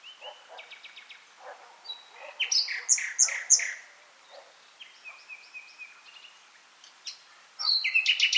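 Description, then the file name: Common nightingale song: varied phrases of quick repeated notes, loud chunky syllables and thin whistles, ending in a fast, bright trill. "Luscinia megarhynchos"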